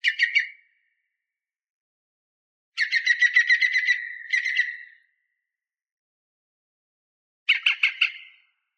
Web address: Justsoundeffects - Forests of Norway. Green Woodpeckers Calling On Lakeshore Far Away